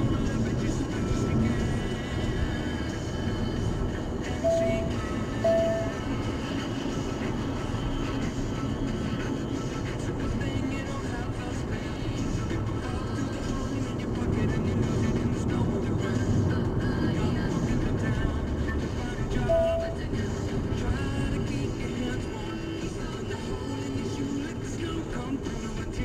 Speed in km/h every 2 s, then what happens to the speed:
65, 65, 64, 61, 62, 65, 62, 62, 63, 60, 54, 50, 46.
0-17 steady at about 63. 17-26 slows to 46.